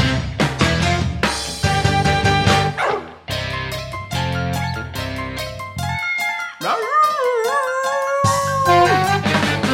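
A dog barks in quick, loud bursts, then lets out a long, wavering howl that slides up and down in pitch before breaking back into rapid barking.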